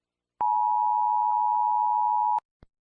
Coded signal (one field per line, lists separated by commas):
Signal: Emergency Alert System (SAME) tones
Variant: 853 and 960 Hz attention tone